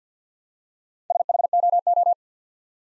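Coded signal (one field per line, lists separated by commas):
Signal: Morse code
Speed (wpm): 48 wpm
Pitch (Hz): 700 Hz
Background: none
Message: SHOO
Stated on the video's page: Morse practice drill at 50 wpm, building 5-letter words one letter at a time, for instant character recognition.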